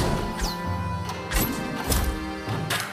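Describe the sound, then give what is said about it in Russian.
A sabre swishes through the air and cracks against a padded training dummy in a training hall, landing four or five sharp, irregularly spaced blows over a low, steady background hum. “Саша наносит удары по манекену”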